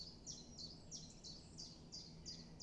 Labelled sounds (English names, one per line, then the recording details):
Common Chiffchaff
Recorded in Germany
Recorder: ecoPi